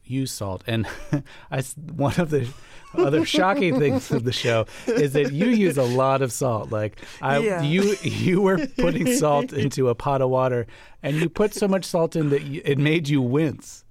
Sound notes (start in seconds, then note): 2.4 laughter; 7.6 laughter